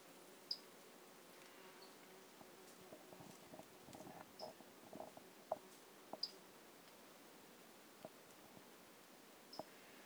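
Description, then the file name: Brachycephalus tridactylus calls: faint, very short high peeps repeated at uneven intervals of a few seconds over steady hiss, with scattered soft clicks and knocks. Two individuals, numbers 11 and 12, not collected; recorded by LF Ribeiro on 10 March 2016. "Brachycephalus tridactylus individual 11 and individual 12 not collected by LF Ribeiro 10 III 16"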